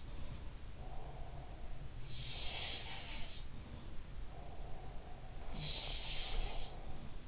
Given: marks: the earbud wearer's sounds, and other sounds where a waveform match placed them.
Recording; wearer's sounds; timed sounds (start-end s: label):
sounds in sleep by an in-ear microphone; breath
0.65-2.84 s: breath
2.14-3.69 s: sound from someone else or the room
4.20-6.99 s: breath
5.44-7.28 s: sound from someone else or the room